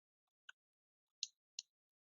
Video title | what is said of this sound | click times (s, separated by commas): Install motioneye on a raspberry pi 3B+ using a chromebook | you should hear a click now that we have inserted the sd card into the chromebook | 1.2 s